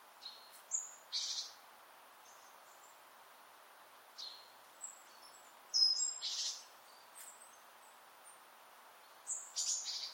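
Great tit calls: scattered short, buzzy bursts and a few thin high notes, in loose groups every couple of seconds over faint background hiss.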